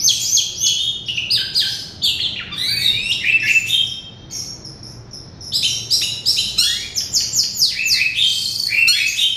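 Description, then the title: Oriental magpie-robin singing a fast, high medley of sweet whistles and scratchy chirps, pausing briefly around the middle before resuming with dense phrases. "Kicau Kacer"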